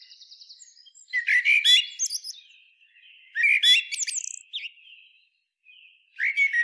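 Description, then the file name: Eurasian blackbird song: two rich warbled phrases, each closing in thin high twitters, with a third phrase starting at the end. "Turdus merula"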